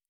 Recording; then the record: hydrophone in a shrimp aquaculture tank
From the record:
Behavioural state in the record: normal